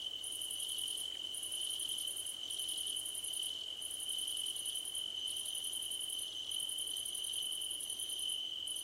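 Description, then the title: Crickets calling, a steady high ringing tone beneath very high pulsed trills that come in bursts of about a second, broken by short pauses. Crickets calling at night under a starlit sky. "Nighttime Ambience with Crickets"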